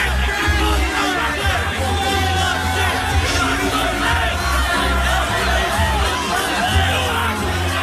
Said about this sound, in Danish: der er sat sådan et lille hegn op, så man kan ikke komme helt frem til ham, men de står helt op af hegnet, de har skilte, de råber, folk er vrede på at høre det her.